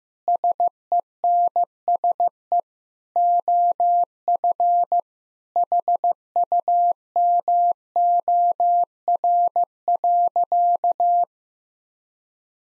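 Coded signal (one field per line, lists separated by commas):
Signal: Morse code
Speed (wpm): 15 wpm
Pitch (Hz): 700 Hz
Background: none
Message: SENSE OF HUMOR.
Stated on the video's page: Morse practice set at 15 wpm: sentences built from common two-word phrases, each sent twice, for head-copy drills.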